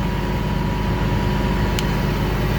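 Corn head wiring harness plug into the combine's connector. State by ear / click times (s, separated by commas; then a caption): seated / 1.8 s. A corn head's wiring harness plug is pushed one-handed into the combine's connector while the corn head is being hooked up, over a steady low engine rumble with faint tonal hum. A single sharp click at 1.8 s marks the plug seating home and connected.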